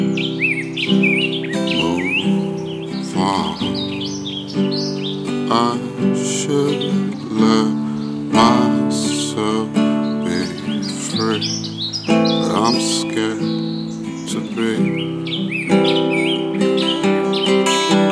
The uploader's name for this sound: Forest Recording